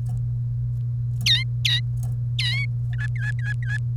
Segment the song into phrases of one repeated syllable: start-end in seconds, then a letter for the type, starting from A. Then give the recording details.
1.26-1.80 A, 2.39-2.65 A, 2.93-3.77 B. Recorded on 1 May 2018 at 09:48. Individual llb3